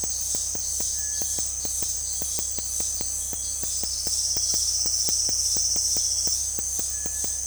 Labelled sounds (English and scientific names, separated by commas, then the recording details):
Cinereous Tinamou (Crypturellus cinereus)
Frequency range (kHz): Cinereous Tinamou (Crypturellus cinereus) 1.3-2.2 kHz
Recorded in dense forest near Puerto Asís, Putumayo, Colombia, on 20 February 2024 at 18:00
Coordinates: 0.487, -76.319
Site G6403